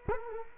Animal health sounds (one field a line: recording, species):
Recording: mosquito wingbeat signal from an infrared sensor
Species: Culex quinquefasciatus